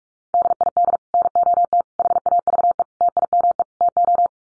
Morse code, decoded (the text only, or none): DID NOT HAVE TIME TO